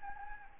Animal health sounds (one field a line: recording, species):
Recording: mosquito wingbeat signal from an infrared sensor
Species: Anopheles gambiae